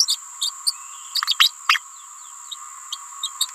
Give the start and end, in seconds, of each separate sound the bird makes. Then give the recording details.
0.07-0.18, 0.41-0.51, 0.66-0.74, 1.39-1.52, 1.69-1.79, 2.92-2.97, 3.22-3.30, 3.40-3.47. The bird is a female. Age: 28 days. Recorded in a nest box in Venezuela. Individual 17B31A3